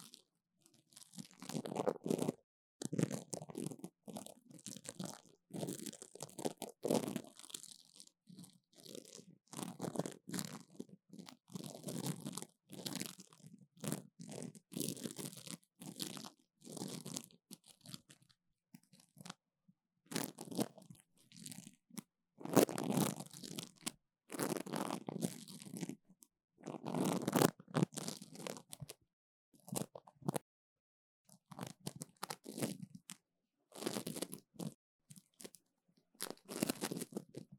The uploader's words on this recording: 黏答答的聲音 | Sticky Sounds. No Talking.